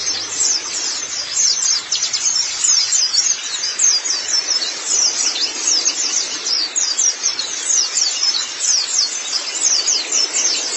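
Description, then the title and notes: White-eye song: continuous, busy high-pitched twittering of quick thin notes without pauses. "Suara kicauan burung pleci"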